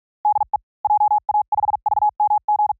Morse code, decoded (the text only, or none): DE JA5VMG